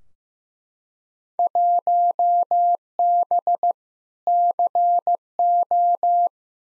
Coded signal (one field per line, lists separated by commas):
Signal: Morse code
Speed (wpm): 15 wpm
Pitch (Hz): 700 Hz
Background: none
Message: 1B CO